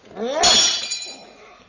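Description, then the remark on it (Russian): A glass carafe smashes with a bright, noisy crash, followed by a brief scatter of tinkling shards that fades out within a second or so. “Разбил графин, и тебя разобью.”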